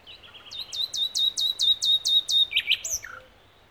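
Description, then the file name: Common nightingale song of a series of loud, evenly repeated whistled notes, followed by a couple of short chirps. "Luscinia megarhynchos"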